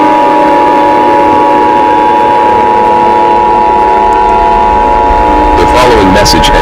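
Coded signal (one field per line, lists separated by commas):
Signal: Emergency Alert System (SAME) tones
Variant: 853 and 960 Hz attention tone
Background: speech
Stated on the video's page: Fictional EAS scenario, simulated.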